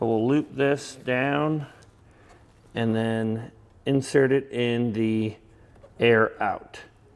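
A plastic air line tube is being routed and readied to go into a push-to-connect air fitting on a Demco Air Force One flat tow brake system for RVs with air brakes, on a 2023 Ford F-150. Someone talks throughout. Nothing has seated or clicked yet.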